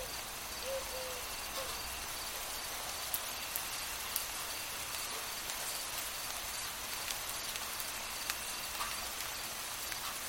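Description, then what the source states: Cricket chirping, faint regular high pulses almost buried in the steady patter and hiss of rain. Crickets singing and chirping, added to a light rain night ambience for sleep.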